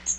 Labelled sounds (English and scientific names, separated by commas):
Magnolia Warbler (Setophaga magnolia) flight call